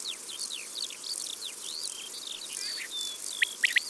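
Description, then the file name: Eurasian skylark song, a rapid, unbroken stream of varied chirps, slurred whistles and trills, ending with a few sharp high notes. Isère, France. "Alouette-des-champs-Concerts-naturels-de-l Isere-Studio-Les-Trois-Becs"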